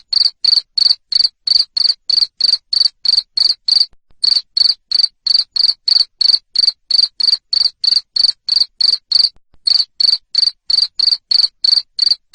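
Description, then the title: Cricket chirping in a long, even train of high pulses, around three per second, with brief pauses near four and nine seconds. Loud cricket chirping played to stimulate lovebirds to keep singing. "Suara JANGKRIK NGERIK Keras Bikin LOVEBIRD Jadi NGEKEK Terus"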